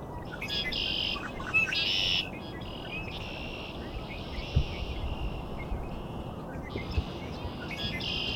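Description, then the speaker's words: Red-winged Blackbirds singing: several harsh trilled songs in quick succession, over a steady low rumble. Males, among many at Cootes Paradise in mid-March, early spring, recorded close-up; two males apparently arguing. "Also lots of male red-winged blackbirds, as you can hear. Got a really close-up one here."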